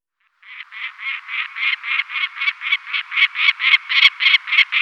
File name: lanner falcon